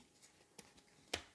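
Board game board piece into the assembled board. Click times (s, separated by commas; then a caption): 0.6 s, 1.1 s. A board game piece is snapped into the assembled board, with two sharp clicks at 0.6 s and 1.1 s, the second louder. The piece seats and the board pieces click together.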